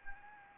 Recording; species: mosquito wingbeat signal from an infrared sensor; Anopheles gambiae